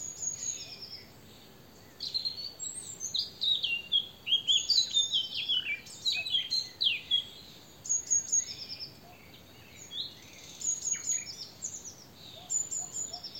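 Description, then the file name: Eurasian blackcap song: fast, jumbled warbling phrases of twittering and fluty notes after a quieter start, running in bursts with short pauses. "Sylvia atricapilla"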